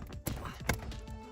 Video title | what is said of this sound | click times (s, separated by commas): Don't Buy a New Truck: 2026 Screen Upgrade for Toyota Tundra & Sequoia! | Got that snapped in. | 0.3 s, 0.7 s